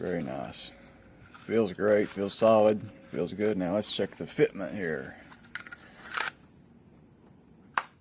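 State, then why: Seated. Someone talks over a steady high-pitched background tone, then a Glock 43 compact pistol is pushed into a molded kydex Vedder LightTuck inside-the-waistband holster to check the fit. After a couple of softer handling knocks, a sharp click at 7.8 s marks the pistol snapping and locking into place.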